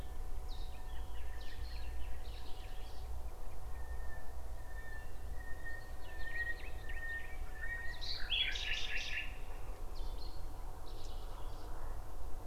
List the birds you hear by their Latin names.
Luscinia megarhynchos, Cettia cetti